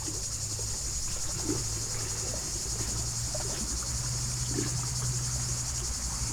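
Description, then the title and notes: Cicada chorus, a continuous shrill buzz held without pause, with faint water splashes and a low traffic hum beneath. Hot summer day beside Lac du Bourget, Brison-Saint-Innocent, France; cicadas very active in waterside poplars; water lapping on rocks, traffic on the D991; recorded during a bike stop. "9 Chem. de la Fontaine, 73100 Brison-Saint-Innocent, France - Les cigales. Au bord du lac du Bourget par une chaude journée d'été je suis en vélo, les cigales sont très actives aujourd'hui dans les peupliers du bord de l'eau. cymbalisation des cigales locales"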